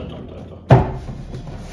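A final push snaps a door trim panel fully into place in the door of an Alfa, with one loud, sharp snap at 0.7 s over a quiet background hum. The panel is seated.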